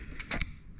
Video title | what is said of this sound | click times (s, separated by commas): Easy Fixes For Audi Tt Mk1 - Removing Coil Packs & Fixing Misfires With Obd2 | push it back like that and you hear that click as it pops out | 0.4 s